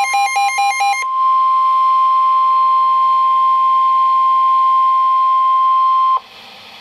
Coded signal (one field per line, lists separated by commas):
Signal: Emergency Alert System (SAME) tones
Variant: 1050 Hz attention tone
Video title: EAS #570 - Flood Warning (10/29/2012)